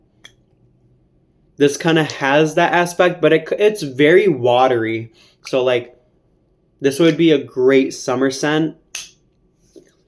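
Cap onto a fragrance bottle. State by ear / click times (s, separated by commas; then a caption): seated / 9.0 s. A cap is pushed back onto a fragrance bottle while someone talks. One sharp snap at 8.9 s marks the cap seating into place. A faint tick is also heard at 0.2 s.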